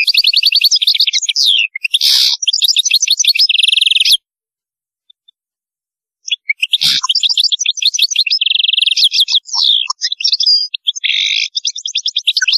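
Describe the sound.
European goldfinch song: long, dense tinkling and buzzy twittering, a brief silence midway, then a second extended burst of rapid trills.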